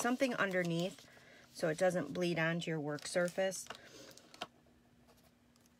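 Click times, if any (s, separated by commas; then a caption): 4.4 s. Someone talks while a plastic cap is pressed onto an alcohol marker so the marker does not dry out. The tight-fitting cap snaps on with a sharp click at 4.4 s, seating it closed.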